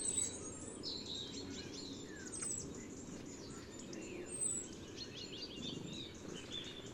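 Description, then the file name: European robin producing a busy run of high thin notes and quick downward-sliding whistles over continuous low-pitched background noise. "Erithacus rubecula"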